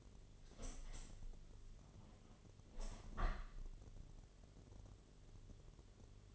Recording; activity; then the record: daily activity, microphone in the room; open window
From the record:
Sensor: 4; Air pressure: 1007.4 hPa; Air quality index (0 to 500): 198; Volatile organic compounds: 7 ppm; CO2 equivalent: 1976 ppm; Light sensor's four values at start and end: 23/73/28/27 and 23/74/28/27